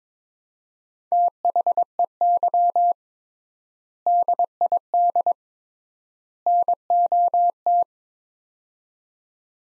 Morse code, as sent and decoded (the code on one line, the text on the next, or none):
- .... . -.-- / -.. .. -.. / -. --- -
THEY DID NOT